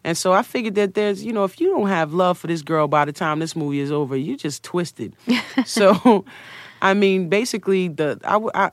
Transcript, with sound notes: And so I figured that there's - you know, if you don't have love for this girl by the time this movie is over, you're just twisted.
(Laughter).
So, I mean, basically,